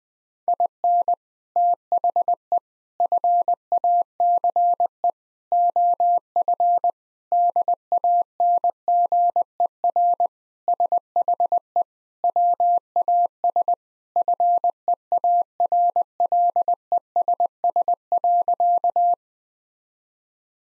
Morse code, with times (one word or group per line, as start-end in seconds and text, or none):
0.5-1.1 IN
1.6-2.6 THE
3.0-5.1 FACE
5.5-6.9 OF
7.3-10.3 DANGER
10.7-11.8 SHE
12.2-13.7 WAS
14.2-19.1 FEARLESS.